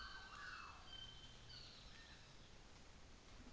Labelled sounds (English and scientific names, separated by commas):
North Island Saddleback (Philesturnus rufusater)